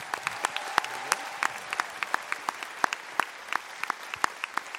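An audience at the Salle Pleyel concert hall applauds steadily as a singer is invited onto the stage, many hands clapping in a dense, even wash with sharper individual claps popping out; no voices come through.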